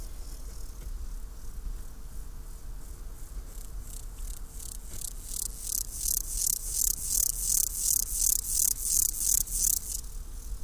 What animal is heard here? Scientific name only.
Chorthippus dorsatus